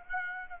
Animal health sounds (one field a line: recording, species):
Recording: mosquito wingbeat signal from an infrared sensor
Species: Aedes aegypti